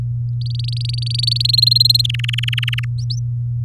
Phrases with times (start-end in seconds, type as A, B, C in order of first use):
0.41-1.42 A, 1.44-2.02 B, 2.04-2.85 C, 2.98-3.19 D